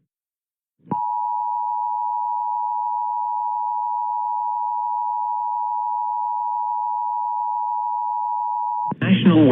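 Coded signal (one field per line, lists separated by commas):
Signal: Emergency Alert System (SAME) tones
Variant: 853 and 960 Hz attention tone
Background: speech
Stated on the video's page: Real Tornado Warning EAS alert issued shortly before a damaging tornado struck St. Louis.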